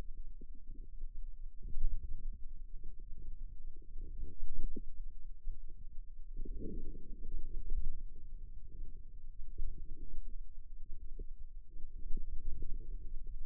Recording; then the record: forearm muscle sounds (acoustic myography)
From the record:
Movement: hand opening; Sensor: system 2, bracelet of six BSWA MPA416 microphones around the upper forearm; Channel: 2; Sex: female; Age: 22 years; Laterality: right